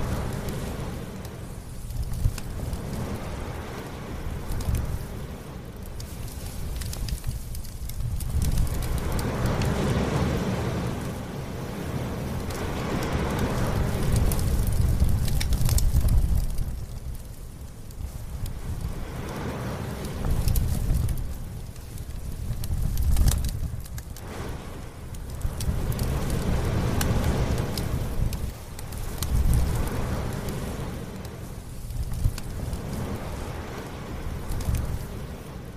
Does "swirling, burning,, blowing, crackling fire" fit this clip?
yes